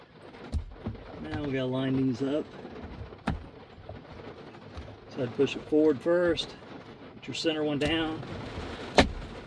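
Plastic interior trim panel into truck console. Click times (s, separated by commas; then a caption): 9.0 s. A plastic interior console charging-station trim panel on a Honda Ridgeline truck is lined up, pushed forward, and its center clip pressed down into the dash while someone talks. A sharp snap at 9.0 s marks the clip seating, leaving the panel popped in and nice and tight.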